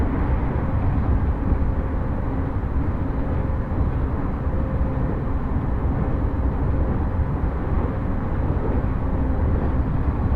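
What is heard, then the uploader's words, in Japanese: A rapid train on the Uchibo Line rumbles along with a steady, dense low roar and faint humming tones, unchanging throughout. 鉄道旅 内房線快速 千葉→木更津。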